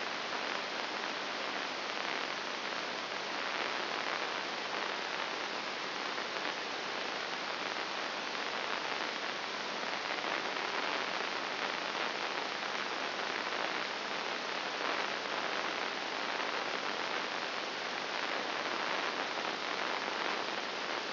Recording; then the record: brain microelectrode recording played as sound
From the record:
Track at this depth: inside the subthalamic nucleus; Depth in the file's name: 1.701 mm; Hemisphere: right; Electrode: 3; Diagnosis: Parkinson's disease